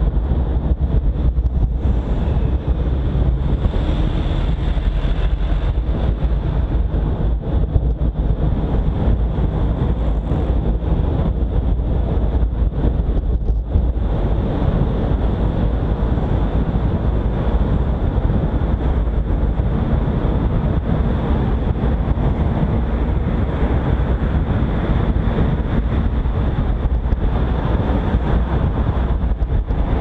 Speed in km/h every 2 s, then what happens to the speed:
40, 42, 43, 45, 49, 51, 54, 53, 53, 54, 55, 55, 54, 51, 50.
0-12 speeds up to 54. 12-30 steady at about 54.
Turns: none.